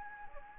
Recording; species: mosquito wingbeat signal from an infrared sensor; Anopheles gambiae